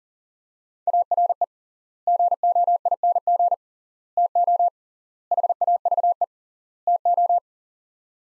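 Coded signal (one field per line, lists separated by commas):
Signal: Morse code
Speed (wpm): 40 wpm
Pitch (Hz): 700 Hz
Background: none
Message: ARE GOING TO HAVE TO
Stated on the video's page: Morse practice in sets of five words at 40 wpm with 3x word spacing, a Farnsworth-like method using words.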